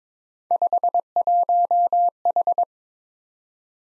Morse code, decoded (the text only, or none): 51H